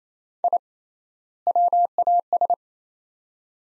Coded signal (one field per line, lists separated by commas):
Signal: Morse code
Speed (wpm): 28 wpm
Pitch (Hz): 700 Hz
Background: none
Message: I WAS